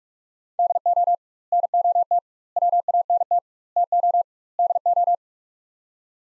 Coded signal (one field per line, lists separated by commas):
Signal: Morse code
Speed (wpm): 46 wpm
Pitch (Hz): 700 Hz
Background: none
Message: DO NOT WANT TO DO